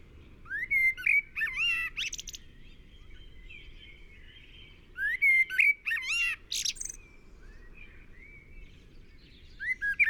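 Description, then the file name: Common blackbird giving rich fluted phrases with rising and falling whistles and shrill twittered endings, pausing between phrases. "Turdus merula"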